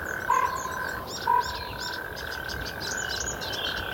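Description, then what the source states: Natterjack toad calls in a continuous rattling trill held at one pitch, with two short louder notes and high bird chirps above. Natterjack toads recorded by listener Kirstie Zwaard, played on NPO Radio 1 Vroege vogels in a series of listeners' nature sounds.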